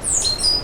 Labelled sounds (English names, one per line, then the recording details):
Stitchbird song
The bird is a male
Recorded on Tiritiri Matangi Island, New Zealand, in 2005
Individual 12, of nest box 16